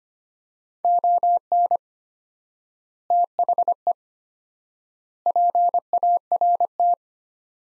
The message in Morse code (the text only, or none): ON THE PART